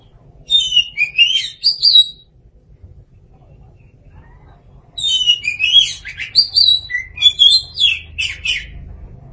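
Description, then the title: Oriental magpie-robin song: rich, varied whistled phrases with quick slurred notes, two bursts separated by a short pause, over a low background rumble. Song (kicauan) of the kacer. "Suara Kicauan Burung Kacer"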